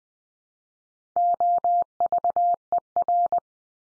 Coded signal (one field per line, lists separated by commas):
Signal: Morse code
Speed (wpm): 20 wpm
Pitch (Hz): 700 Hz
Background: none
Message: OVER